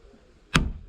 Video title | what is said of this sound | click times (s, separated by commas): How I kept myself busy in Quarantine - Tales from my Garden. | push it into the hole and you'll hear it click | 0.6 s